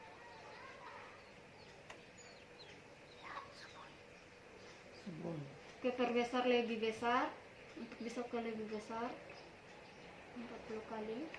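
An objective lens on a microscope's revolving nosepiece is turned into the light path until it clicks into place with one sharp click at 1.9 s in a quiet stretch. After that someone talks. The objective is seated.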